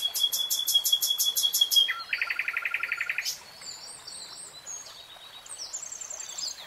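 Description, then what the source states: Nightingale song with a long rapid rattle of repeated notes, a lower pulsing trill, a sharp upslur, then high whistled phrases. Nightingale singing, real time.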